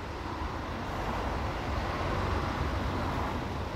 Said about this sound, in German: Die Pfotenhauer Straße in Dresden-Johannstadt. Der Verkehr der neuen Waldschlösschenbrücke stört die Krankenhausruhe.